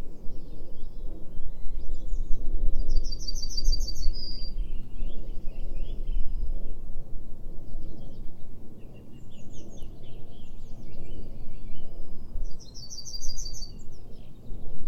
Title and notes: YELLOWHAMMER SONG. This Yellowhammer (Emberiza citrinella) is a beautiful farmland bird